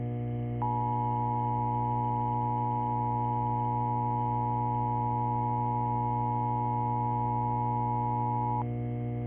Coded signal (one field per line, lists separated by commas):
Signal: Emergency Alert System (SAME) tones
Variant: 853 and 960 Hz attention tone